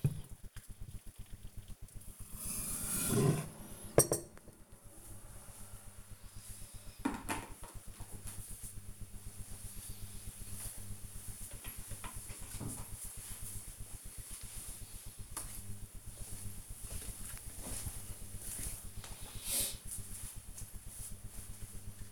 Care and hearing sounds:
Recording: household activities, microphone on the right wrist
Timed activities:
0.00-7.72 s: making tea

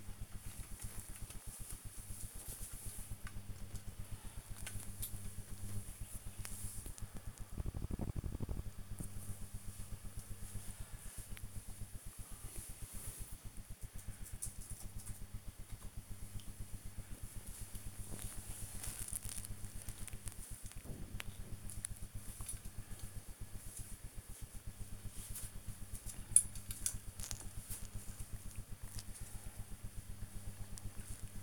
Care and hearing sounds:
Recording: household activities, microphone on the right wrist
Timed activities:
14.59-31.43 s: dusting model cars

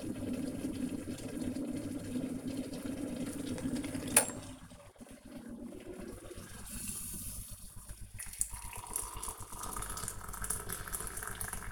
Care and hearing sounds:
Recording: household activities, microphone on the right wrist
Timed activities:
0.00-11.71 s: making tea

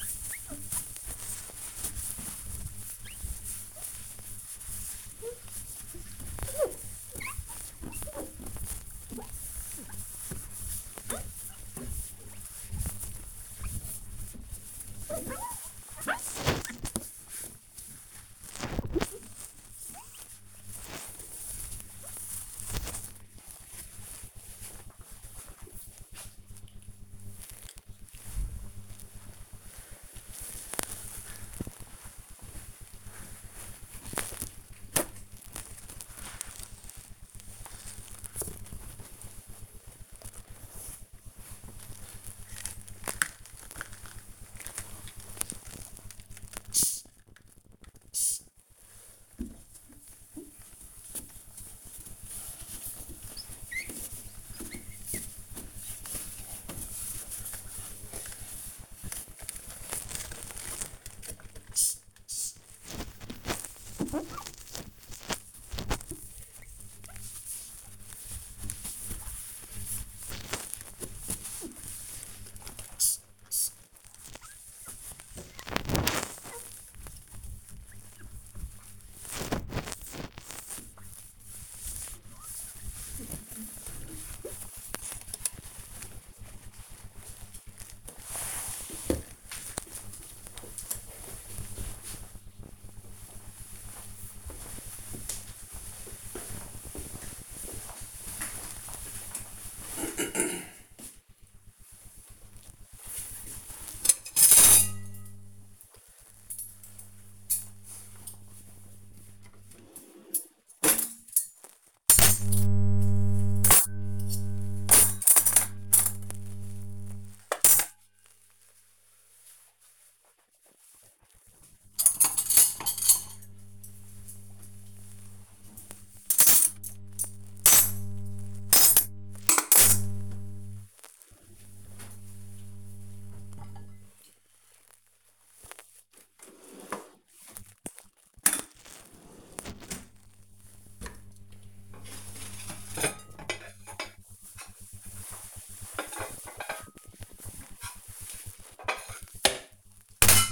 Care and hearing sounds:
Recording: household activities, microphone on the right wrist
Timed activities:
0.00-23.72 s: window cleaning
28.75-86.18 s: window cleaning
102.26-150.52 s: putting away the dishes

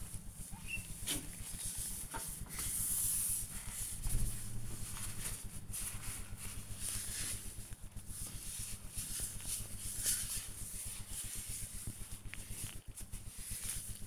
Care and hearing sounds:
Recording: household activities, microphone on the right wrist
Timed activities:
0.00-14.07 s: window cleaning

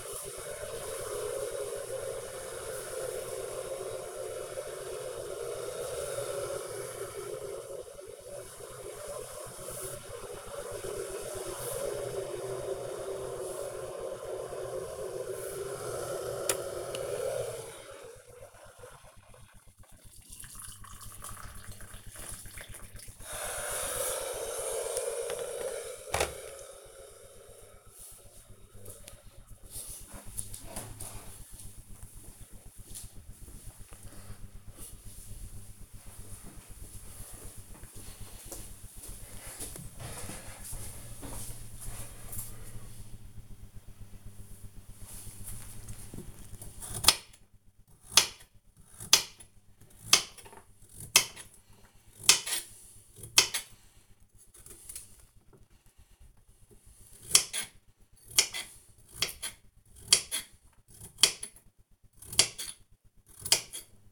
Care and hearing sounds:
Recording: household activities, microphone on the right wrist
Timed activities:
0.00-25.59 s: making tea
44.72-64.12 s: cutting vegetables

